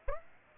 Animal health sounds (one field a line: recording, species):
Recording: mosquito wingbeat signal from an infrared sensor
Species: Aedes aegypti